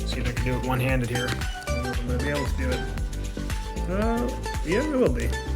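A kit zoom lens is lined up by its white index marks with the lens mount of a Canon EOS 90D DSLR body and twisted on one-handed, with music playing while someone talks throughout. Two brief handling sounds stand out at about 3.5 and 5.6 seconds. The lens has not seated or clicked into place yet.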